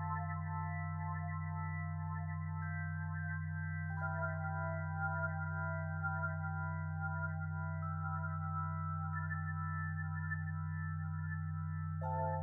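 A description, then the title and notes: A steady low hum of binaural beats sits beneath soft sustained tones that shift chords near four, eight and twelve seconds, evenly level throughout. Binaural Beats Theta Waves.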